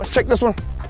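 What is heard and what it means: A sliding locking mechanism on an adaptive playground swing seat is being handled, but nothing has seated or clicked yet in this clip. Someone talks over loud music.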